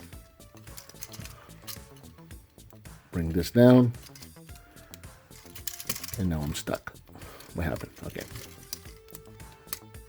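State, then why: Seated. Someone talks while transforming a plastic action figure into robot mode, gets stuck, then repositions a plastic limb panel and pushes it home into the figure's body amid small plastic handling clicks. A sharp plastic click at 9.7 s is the panel snapping into place.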